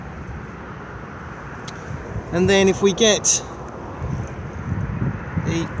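The water supply hose end is handled beside the external water inlet of a 2021 Elddis Majestic 105 caravan, ready to be plugged back in. Steady outdoor ambience runs throughout while someone talks briefly, with a few faint handling noises near the end. Nothing has seated or clicked yet.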